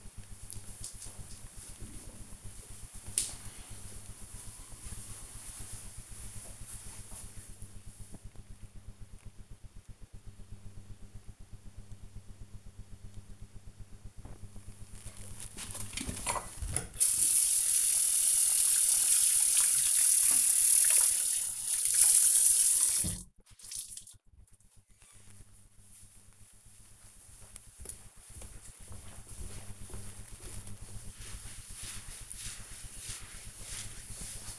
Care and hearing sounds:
household activities, microphone on the right wrist
15.00-34.59 s: cleaning table

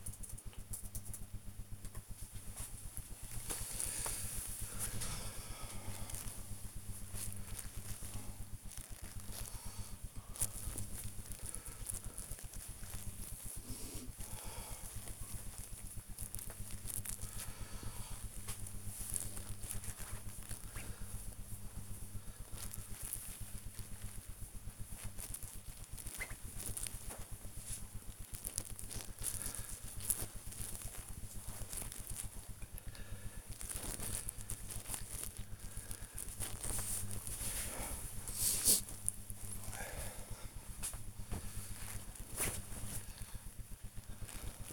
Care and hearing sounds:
household activities, microphone on the right wrist
1.51-44.73 s: tidy up the wardrobe

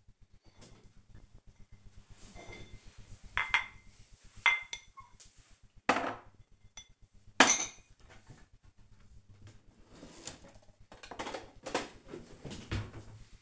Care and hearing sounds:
household activities, microphone on the right wrist
0.00-13.42 s: cleaning out the dishwasher

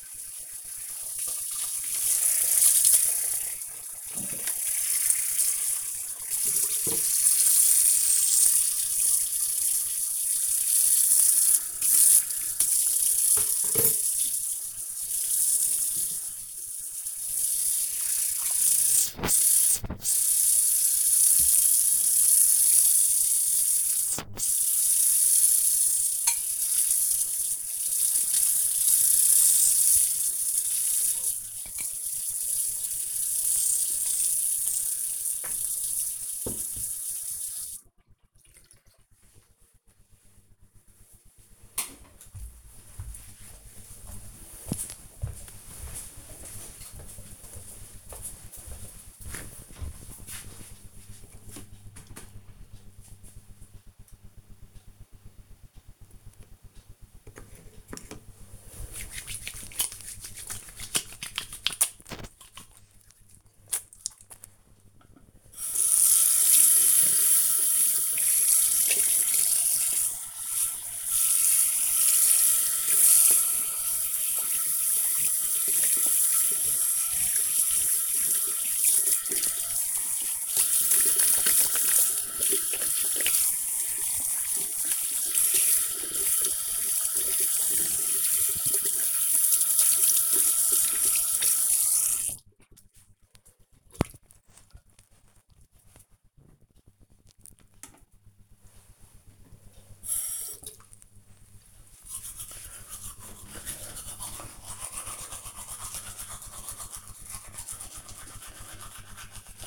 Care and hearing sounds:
household activities, microphone on the right wrist
0.00-37.25 s: washing dishes
57.36-93.58 s: washing hands
98.64-109.67 s: brushing teeth

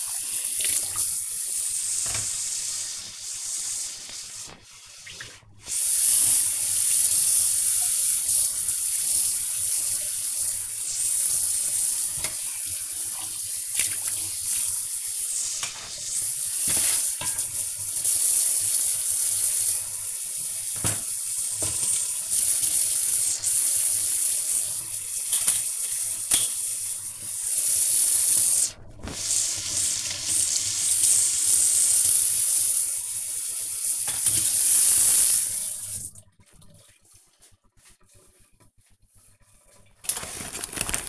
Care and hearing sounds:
household activities, microphone on the right wrist
0.00-36.15 s: washing dishes

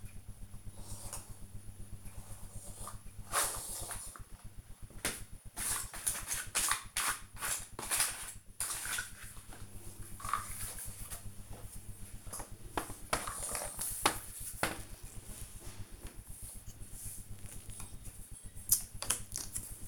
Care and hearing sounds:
household activities, microphone on the right wrist
0.00-19.88 s: doing a puzzle

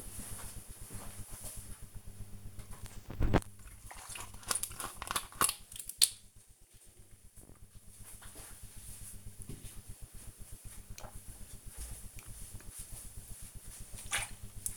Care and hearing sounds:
household activities, microphone on the right wrist
2.25-14.77 s: drinking

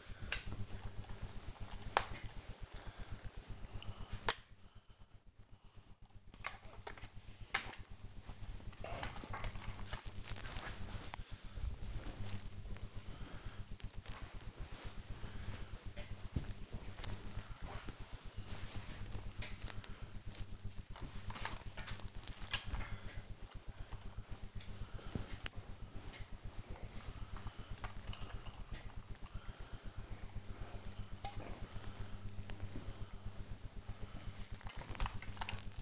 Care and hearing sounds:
household activities, microphone on the right wrist
0.00-35.81 s: ironing laundry

